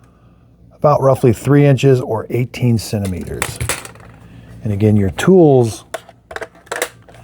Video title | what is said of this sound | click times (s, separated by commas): Don't Buy The Dyson V16 Submarine Until You See This! | they click into place. That's nice. | 6.3 s